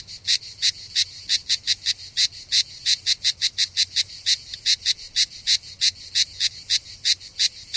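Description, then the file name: Cicada buzz heard as many sharp pulses in a somewhat uneven rhythm against a quiet background. Recorded 3 September 2009, around 07:33 in the morning. "Enregistrement Cigales"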